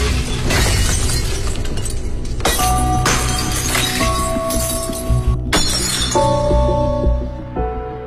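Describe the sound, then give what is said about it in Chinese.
A child punches a glass picture frame, which smashes with a loud crash, followed by further bursts of shattering and bright, ringing tinkles of falling shards over about eight seconds, with no voices. “哎呀，刚才这孩子一拳把玻璃镜框给砸碎了，手受伤了。”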